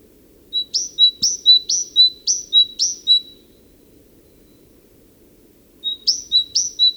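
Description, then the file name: Great tit song: a strophe of five or six ringing two-note phrases, a pause of about two seconds, then a new strophe begins; faint low hum underneath. "Parus major"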